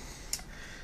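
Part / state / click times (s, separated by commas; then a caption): hammer spring into rifle lower/hammer assembly / seated / 0.3 s. A replacement hammer spring is worked into the frame of a 15-22 rifle, at the hammer assembly in the lower. A single short, bright click sounds at 0.3 s over a faint steady background. The spring clicks into place and is seated.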